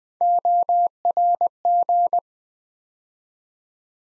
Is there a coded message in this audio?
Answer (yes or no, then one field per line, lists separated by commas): yes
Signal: Morse code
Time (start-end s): 0.2-2.2 s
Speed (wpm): 20 wpm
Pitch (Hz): 700 Hz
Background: none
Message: ORG